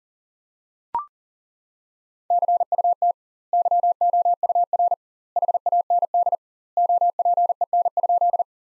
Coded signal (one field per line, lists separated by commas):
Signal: Morse code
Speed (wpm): 40 wpm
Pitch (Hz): 700 Hz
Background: none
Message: CUT YOUR HAND OPEN?